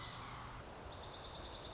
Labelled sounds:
Dark-eyed Junco (Junco hyemalis)
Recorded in Sonoma County, California

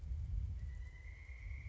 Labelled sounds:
Pileated Woodpecker (Dryocopus pileatus)
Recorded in Sonoma County, California

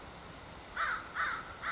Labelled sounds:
American Crow (Corvus brachyrhynchos)
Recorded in Sonoma County, California

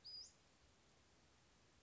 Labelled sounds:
Western Flycatcher (Empidonax difficilis)
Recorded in Sonoma County, California

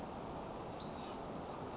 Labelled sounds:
Western Flycatcher (Empidonax difficilis)
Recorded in Sonoma County, California

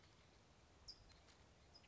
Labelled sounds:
California Towhee (Melozone crissalis)
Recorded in Sonoma County, California

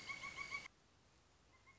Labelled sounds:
Pileated Woodpecker (Dryocopus pileatus)
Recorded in Sonoma County, California

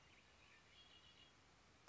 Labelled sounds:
Red-winged Blackbird (Agelaius phoeniceus)
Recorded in Sonoma County, California

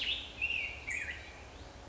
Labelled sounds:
Black-headed Grosbeak (Pheucticus melanocephalus)
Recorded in Sonoma County, California

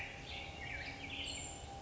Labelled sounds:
Black-headed Grosbeak (Pheucticus melanocephalus)
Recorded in Sonoma County, California

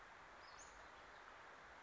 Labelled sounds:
Western Flycatcher (Empidonax difficilis)
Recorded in Sonoma County, California

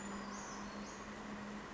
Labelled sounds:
Western Flycatcher (Empidonax difficilis)
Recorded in Sonoma County, California

